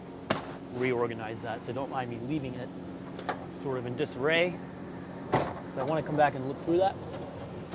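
A slide-out storage tray in the pass-through storage compartment of a 2006 American Eagle 45H is handled on its compartment rails while someone talks. There are sharp knocks at about 0.3 s and 3.3 s. Nothing has seated or clicked yet, and the tray has not locked into place.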